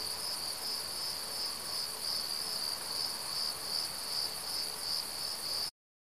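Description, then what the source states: Cricket chorus, steady, shrill and high with a slight pulsing, continuous until the sound cuts off abruptly near the end. Southern crickets.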